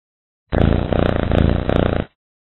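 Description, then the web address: Domestic cat purring: a low, rough rumbling in four bursts, each made of fast, regular pulses. "koshka"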